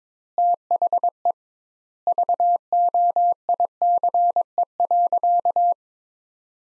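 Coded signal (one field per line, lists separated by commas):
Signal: Morse code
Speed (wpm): 22 wpm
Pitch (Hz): 700 Hz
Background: none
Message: THE VOICE.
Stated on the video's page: Morse practice sentences from the top 500 words at 22 wpm with 2x standard word spacing, a word-based method analogous to Farnsworth.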